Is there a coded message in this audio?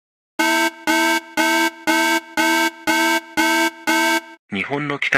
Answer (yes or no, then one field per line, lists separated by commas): no